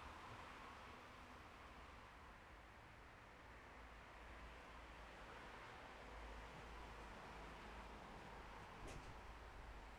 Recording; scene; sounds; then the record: everyday scene through a hearing-aid microphone; in traffic; traffic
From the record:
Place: bus stop on a city main road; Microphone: behind the ear, left, front